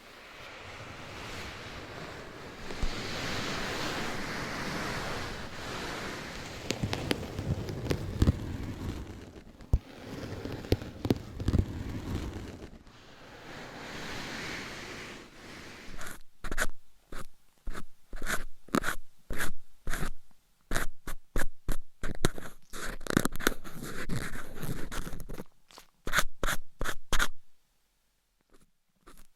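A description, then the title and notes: Scratching and rubbing fill the first half, a dense, hissy, rustling wash with shifting swells. Around sixteen seconds it turns into sharp, separate taps and scrapes in quick, uneven bursts, stopping just before the end into near silence. Changing Triggers Every 30 Seconds Scratching , Tapping , Massage & More No Talking.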